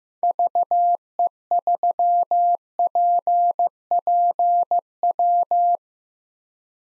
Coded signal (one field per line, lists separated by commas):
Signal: Morse code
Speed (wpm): 16 wpm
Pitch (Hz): 700 Hz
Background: none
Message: VE3PPW